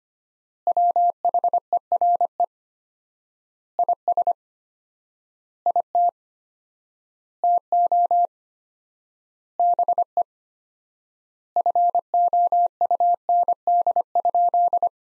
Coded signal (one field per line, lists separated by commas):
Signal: Morse code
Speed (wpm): 25 wpm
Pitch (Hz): 700 Hz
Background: none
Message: WHERE IS IT TO BE FOUND?